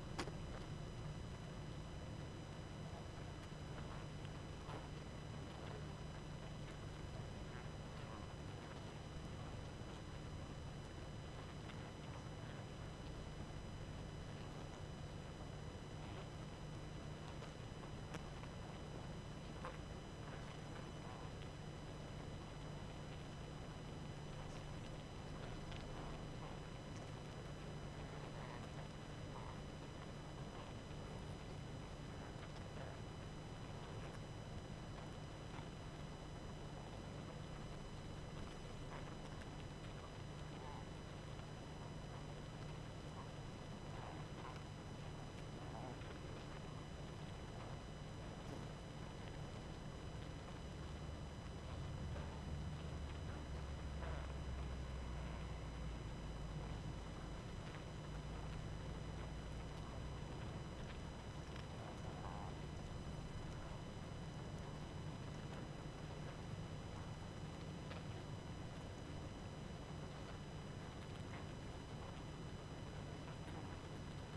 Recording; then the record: honeybee colony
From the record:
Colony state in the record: active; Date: 12 June 2018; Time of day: 21:55